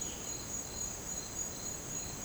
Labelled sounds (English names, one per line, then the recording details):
none
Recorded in dense forest near Puerto Asís, Putumayo, Colombia, on 13 March 2025 at 09:30
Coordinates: 0.500, -76.322
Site GP06